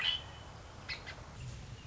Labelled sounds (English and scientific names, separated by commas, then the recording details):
Red-winged Blackbird (Agelaius phoeniceus)
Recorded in Sonoma County, California